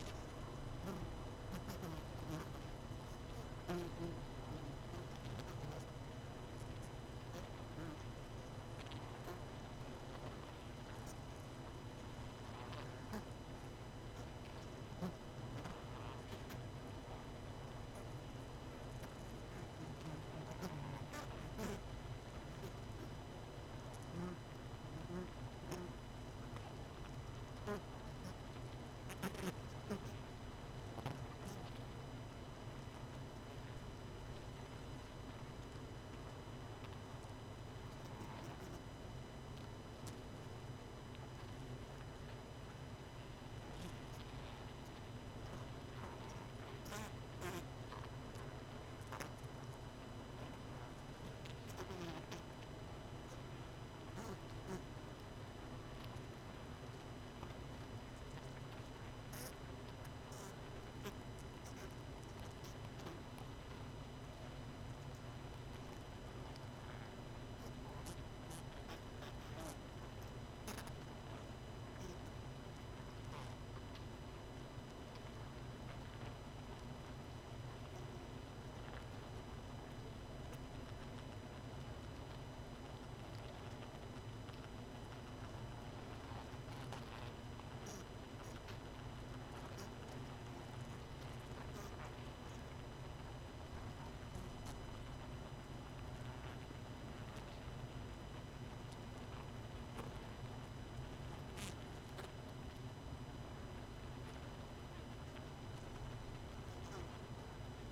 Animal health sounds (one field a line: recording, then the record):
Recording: honeybee colony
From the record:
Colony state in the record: missing queen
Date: 31 May 2018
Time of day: 19:37